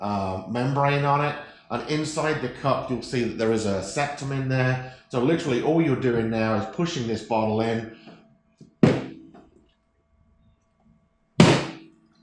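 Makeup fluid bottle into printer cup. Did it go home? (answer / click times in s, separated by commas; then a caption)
yes / 11.4 s. A makeup fluid bottle, with its cap off and its foil seal still on, is pushed onto the septum inside the cup of a printer while someone talks. A short thunk is heard at 8.8 seconds. A louder, sharp click follows at 11.4 seconds as the bottle seats in the printer cup.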